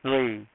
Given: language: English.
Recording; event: throat vibration sensor signal played as sound; speech